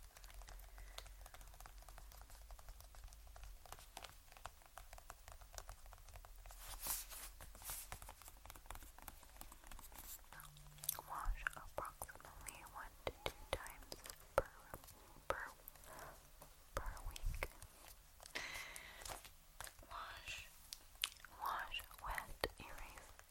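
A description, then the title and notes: Tapping on beauty products comes as a stream of sharp, dry clicks and taps, irregular and fairly dense, growing busier after about ten seconds. A low steady hum runs underneath, with a faint tonal drone from around ten seconds onward. ASMR Tapping On Beauty Products.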